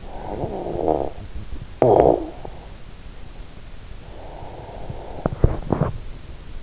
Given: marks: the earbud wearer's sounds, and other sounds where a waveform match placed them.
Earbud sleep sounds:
sounds in sleep by an in-ear microphone; snoring breath, teeth grinding
0.00-2.63 s: snoring breath
4.00-5.02 s: snoring breath
5.02-6.05 s: teeth grinding

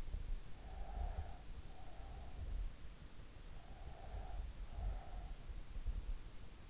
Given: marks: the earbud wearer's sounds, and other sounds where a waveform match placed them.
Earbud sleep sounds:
sounds in sleep by an in-ear microphone; breath
0.56-2.72 s: breath
3.62-5.40 s: breath

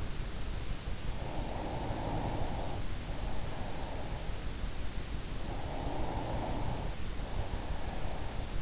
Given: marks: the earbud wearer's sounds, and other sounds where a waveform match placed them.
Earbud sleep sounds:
sounds in sleep by an in-ear microphone; breath
0.99-4.52 s: breath
5.39-8.62 s: breath

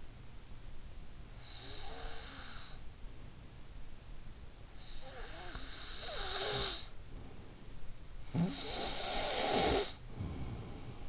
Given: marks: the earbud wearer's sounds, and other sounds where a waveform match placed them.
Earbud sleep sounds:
sounds in sleep by an in-ear microphone; snoring breath
0.94-3.26 s: snoring breath
4.83-7.56 s: snoring breath
7.91-11.09 s: snoring breath

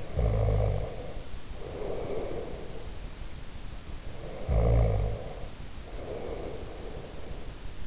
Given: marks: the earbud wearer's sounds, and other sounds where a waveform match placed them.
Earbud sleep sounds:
sounds in sleep by an in-ear microphone; snoring breath
0.00-2.85 s: snoring breath
4.11-7.60 s: snoring breath

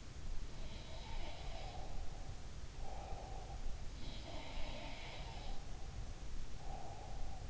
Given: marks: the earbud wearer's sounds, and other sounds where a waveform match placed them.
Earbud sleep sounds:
sounds in sleep by an in-ear microphone; breath
0.64-3.58 s: sound from someone else or the room
1.28-3.58 s: breath
4.00-5.47 s: sound from someone else or the room
5.74-7.50 s: breath

